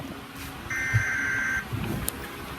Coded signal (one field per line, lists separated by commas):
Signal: Emergency Alert System (SAME) tones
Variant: header bursts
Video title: TV EAS Alert #3: Flash Flood Warning on Charter Spectrum Cable (FFW)